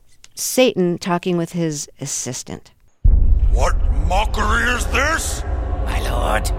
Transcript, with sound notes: Satan talking with his assistant. (Soundbite of television program, "South Park") What mockery is this? My lord.